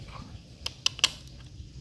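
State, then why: Seated. An SO-DIMM RAM stick is pressed down into the memory slot of an Acer Aspire ES 1-431 laptop until the side retention clips snap. After a faint tap at 0.7 s, sharp clicks are heard at 0.9 s and 1.0 s, with a smaller tick between them. The module is fully seated and installed.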